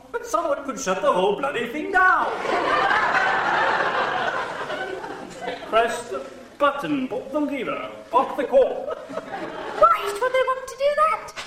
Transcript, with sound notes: But someone could shut the whole bloody thing down.
(laughing)
Press the button, pull the lever, off the cord.
Why would they want to do that?